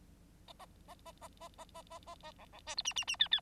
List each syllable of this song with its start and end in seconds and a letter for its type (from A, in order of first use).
0.59-0.66 A, 0.88-0.95 A, 1.05-1.12 A, 1.21-1.28 A, 1.40-1.48 A, 1.58-1.65 A, 1.74-1.82 A, 1.90-1.99 A, 2.06-2.15 A, 2.23-2.32 A, 2.38-2.45 B, 2.52-2.60 B, 2.66-2.75 C, 2.77-2.82 D, 2.85-2.93 E, 2.96-3.05 E, 3.07-3.16 E, 3.19-3.28 F, 3.31-3.40 F